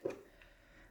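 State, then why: Seated. A caster wheel is pushed with both hands and a lot of force into its socket on the underside of an IQAir Multi Gas GC Series air purifier housing. A sharp, low-pitched click at 0.1 s marks the caster seating in place, followed by a fainter tick at 0.4 s and a quiet background.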